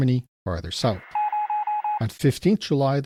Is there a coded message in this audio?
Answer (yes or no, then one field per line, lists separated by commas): no